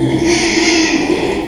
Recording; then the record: squeal of a Yucatan mini pig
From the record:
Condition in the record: after surgery on the right vocal fold (resection and tissue-engineered implant); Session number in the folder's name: 2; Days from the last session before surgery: 13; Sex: male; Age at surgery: 12 weeks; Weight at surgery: 13 kg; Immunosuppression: cyclosporine, prednisolone